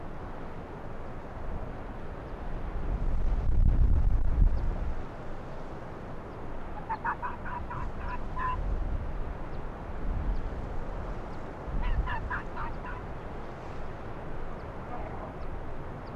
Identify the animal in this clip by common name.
Arctic Fox